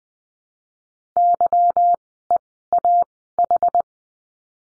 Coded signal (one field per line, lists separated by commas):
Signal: Morse code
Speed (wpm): 20 wpm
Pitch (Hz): 700 Hz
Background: none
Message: YEAH